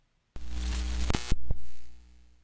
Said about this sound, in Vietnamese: Ánh đèn trong quán bỗng nhiên chớp tắt, vang lên những tiếng chập điện rè rè.